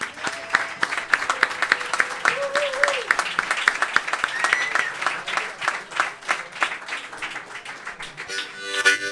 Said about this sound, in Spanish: Y un aplauso para todos ustedes y para todos los citados, por favor.